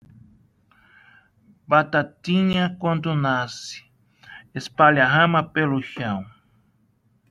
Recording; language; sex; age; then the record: short text; Brazilian Portuguese; male; 50 to 59 years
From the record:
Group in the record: control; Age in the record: 58 years